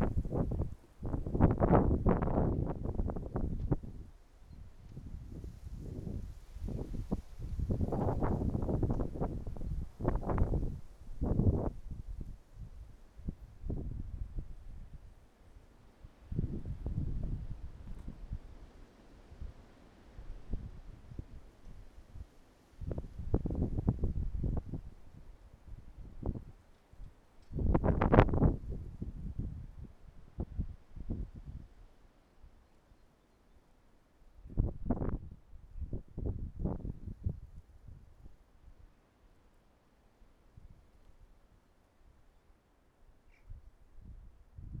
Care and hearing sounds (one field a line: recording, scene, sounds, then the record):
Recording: everyday scene through a hearing-aid microphone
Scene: wind on the microphone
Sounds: wind, traffic, birds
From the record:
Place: suburban garden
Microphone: behind the ear, right, front